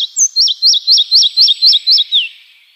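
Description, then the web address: Red-breasted flycatcher song, a steady series of about seven bright, high two-part whistled notes, evenly spaced, ending in a lower downslurred note. "Schulze Peter Red-breasted Flycatcher"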